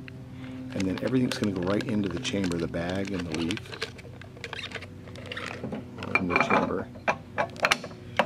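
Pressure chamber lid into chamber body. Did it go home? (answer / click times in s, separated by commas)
yes / 7.6 s, 7.7 s, 8.2 s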